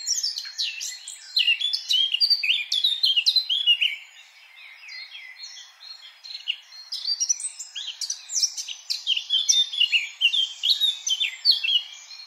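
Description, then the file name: Eurasian blackcap song, two long bouts of quick, varied twittering and whistled notes with a brief lull around four to six seconds. "Sylvia atricapilla"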